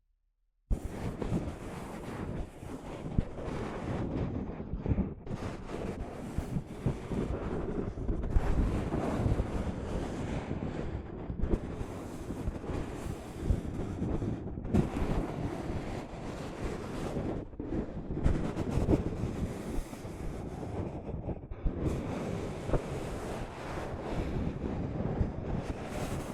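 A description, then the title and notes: Soft fabric brushes over a microphone in a dense, rustling rush that starts abruptly after a moment of silence. The sound is heavy and low, surging and easing without a steady rhythm, with brief dips near 5, 11, 15, 18 and 22 seconds. ASMR Mic Brushing using Soft Fabric (No Talking).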